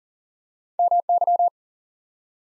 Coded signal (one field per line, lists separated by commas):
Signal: Morse code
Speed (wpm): 40 wpm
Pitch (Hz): 700 Hz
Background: none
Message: MY